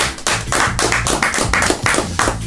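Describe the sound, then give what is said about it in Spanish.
An audience applauds steadily, many hands clapping together in a dense, fairly loud burst of sharp claps that keeps up without a break. Nobody speaks over it. “Un aplauso para él.”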